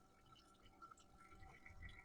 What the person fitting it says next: weird that little thing doesn't click in.